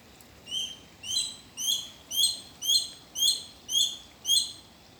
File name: Tachyspiza Novaehollandiae